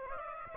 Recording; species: mosquito wingbeat signal from an infrared sensor; Aedes aegypti